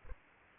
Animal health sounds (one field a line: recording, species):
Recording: mosquito wingbeat signal from an infrared sensor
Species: Culex pipiens